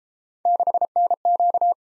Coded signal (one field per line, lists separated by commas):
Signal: Morse code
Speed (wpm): 32 wpm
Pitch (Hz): 700 Hz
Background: none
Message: 6NQ